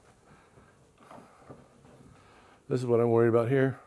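Soft rubbing and a couple of dull, quiet knocks around 1.1 s and 1.5 s sound like the part being positioned, not snapping home. From 2.7 s someone is talking, and no crisp click occurs before the end.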